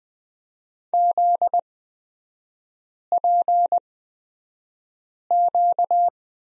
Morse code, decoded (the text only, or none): ZPQ